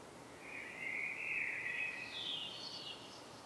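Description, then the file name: Common blackbird song: one mellow warbling phrase that swells, then moves into higher notes at the end, with faint hiss behind. "Turdus merula"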